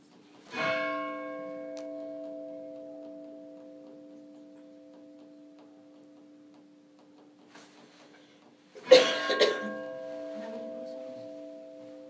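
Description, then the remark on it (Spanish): A church bell is struck once and its deep, humming tone rings out and slowly fades for several seconds before a second, louder clanging strike sets it ringing again. “No, y además cuando uno tiene acceso arriba a las campanas mismas, puede hacer distintos tipos de toques.”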